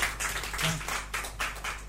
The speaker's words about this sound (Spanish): ¡Un aplauso, por favor! ¡Sí, señor!